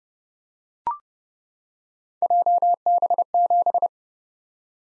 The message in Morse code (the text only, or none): JB7